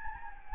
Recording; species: mosquito wingbeat signal from an infrared sensor; Anopheles gambiae